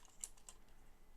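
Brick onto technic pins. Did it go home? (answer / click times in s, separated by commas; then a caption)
no / none. A plastic Lego brick from the Naboo Fighter set #7141 is handled and pushed toward the ends of technic pins. Two light, sharp ticks come at about 0.2 s and 0.5 s over a faint background. Nothing has seated or snapped home yet.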